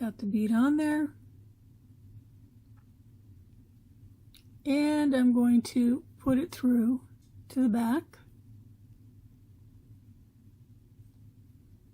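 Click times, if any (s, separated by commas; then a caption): none. A bead already on the wire is being handled to push it through to the back of a woven wire pendant frame, with someone talking throughout and a faint low hum underneath. A brief faint tick comes at about 4.4 s, but the bead has not yet snapped or seated into the frame by the end of the clip.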